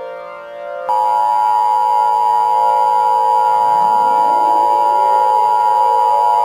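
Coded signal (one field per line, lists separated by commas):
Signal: Emergency Alert System (SAME) tones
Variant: 853 and 960 Hz attention tone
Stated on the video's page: Fictional EAS scenario made out of boredom, using valid SAME tones capable of activating equipment.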